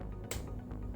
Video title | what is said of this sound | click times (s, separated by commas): How to Change/Attach Blade on RYOBI ONE+ HP Brushless Oscillating Multi Tool | you can hear that final lock. | 0.3 s